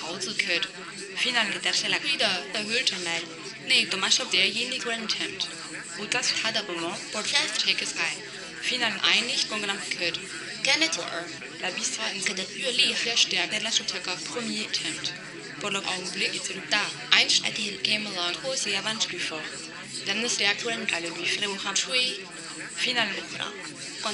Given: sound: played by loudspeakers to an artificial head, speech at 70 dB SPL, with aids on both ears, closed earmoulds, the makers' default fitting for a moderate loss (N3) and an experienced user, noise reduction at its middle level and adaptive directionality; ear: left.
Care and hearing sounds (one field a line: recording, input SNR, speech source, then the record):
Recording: speech test signal (ISTS) in cocktail-party noise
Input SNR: 0 dB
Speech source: in front (0 degrees)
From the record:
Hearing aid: class 1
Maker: B